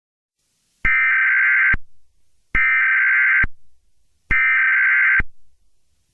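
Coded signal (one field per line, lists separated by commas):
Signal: Emergency Alert System (SAME) tones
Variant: header bursts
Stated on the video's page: Fictional EAS scenario.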